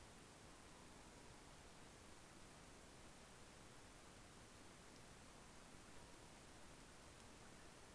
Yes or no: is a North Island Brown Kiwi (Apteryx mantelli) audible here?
no